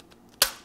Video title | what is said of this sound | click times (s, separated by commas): EV Charging Disaster | you hear it click | 0.4 s